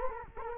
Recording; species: mosquito wingbeat signal from an infrared sensor; Culex quinquefasciatus